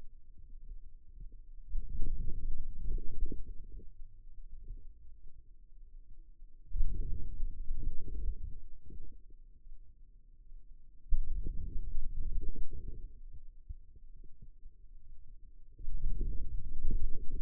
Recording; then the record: forearm muscle sounds (acoustic myography)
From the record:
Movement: outward rotation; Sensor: system 2, bracelet of six BSWA MPA416 microphones around the upper forearm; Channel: 2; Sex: male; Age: 22 years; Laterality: right